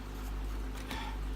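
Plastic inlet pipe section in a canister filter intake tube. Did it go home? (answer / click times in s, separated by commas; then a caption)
no / none. The adjustable plastic inlet pipe section of an All Pond Solutions EF2 canister filter's intake tube is moved up and down to set its height. Over a steady low hum, a single dull, slow-decaying knock sounds at 0.9 s. Nothing clicks into place, and the section stays loose and flexible.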